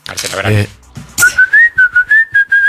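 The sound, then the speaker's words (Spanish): After a moment of talking, someone whistles a short, bright melody: a steady string of clear notes that rise and dip slightly, each one separated by brief gaps. “Vos lo silbás y te hace toda la.”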